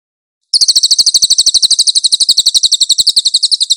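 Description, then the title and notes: Cililin singing a fast, steady trill of bright, high chirps, continuing without a break after a short silence. Cililin song with clear audio, for training cage birds. "MASTER SUARA BURUNG CILILIN, AUDIO JERNIH. CICILIN"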